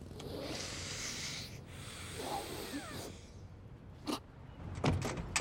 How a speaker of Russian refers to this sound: Джеймс и Черри сидят в машине Черри. Джеймс натирает оксикантин на лист бумаги.